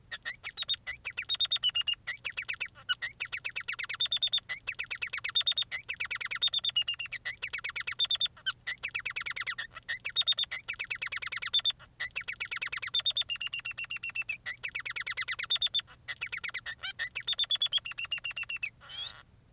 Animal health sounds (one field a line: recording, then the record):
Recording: song of a male Bengalese finch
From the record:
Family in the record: son of father 3